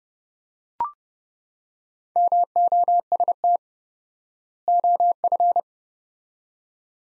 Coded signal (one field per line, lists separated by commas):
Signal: Morse code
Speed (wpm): 30 wpm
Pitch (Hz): 700 Hz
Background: none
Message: MOST OF